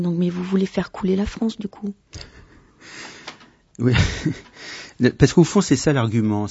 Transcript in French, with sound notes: Non mais, vous voulez faire couler la France du coup!!!
Oui...... (rire) Parce que c’est ça au fond, l’argument!